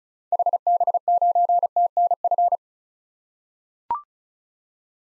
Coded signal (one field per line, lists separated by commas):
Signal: Morse code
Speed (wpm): 36 wpm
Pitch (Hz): 700 Hz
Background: none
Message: HB9TNF